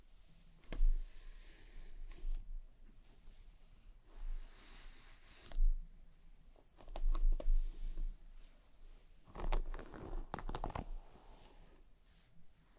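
Someone massages a scalp and brushes hair: soft, irregular rubbing and scratching with quiet pauses between strokes. Sharper clicks and taps stand out near the start, around five seconds, and in a busier burst of brushing near nine to eleven seconds.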